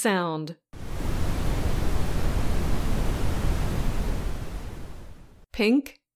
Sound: audio example: brown noise